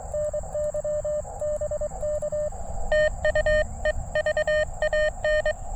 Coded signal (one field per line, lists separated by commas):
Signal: Morse code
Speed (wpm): 24 wpm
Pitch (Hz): 600 Hz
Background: radio noise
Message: NY BK TU E VAN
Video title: Quick CW POTA at US-4567 with the Elecraft KX2 and Gabil GRA 7350TC antenna